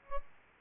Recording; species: mosquito wingbeat signal from an infrared sensor; Aedes albopictus